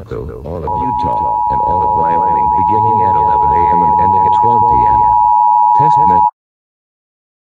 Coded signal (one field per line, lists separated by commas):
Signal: Emergency Alert System (SAME) tones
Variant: 853 and 960 Hz attention tone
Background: speech